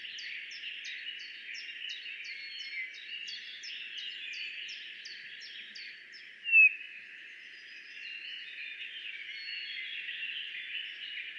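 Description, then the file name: Eurasian bullfinch giving one short, descending whistled note over a steady high hiss, after a run of many faint ticking notes. "Pyrrhula pyrrhula"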